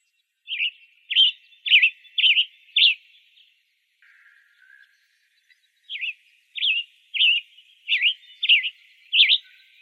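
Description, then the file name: Western tanager chirps in two bursts: five sharp slurred notes, a pause of about three seconds, then six more at a steady quick pace. Arizona; recorded 23 May 2008. "WETA 5 deviche"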